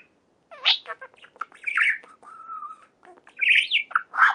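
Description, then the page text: Budgerigar calls: shrill squawks and sharp chirps in uneven bursts, with a steady, slightly rising whistled note partway through and harsher screeches near the end. "صدای مرغ عشق برای زنگ گوشی از ساعد نیوز"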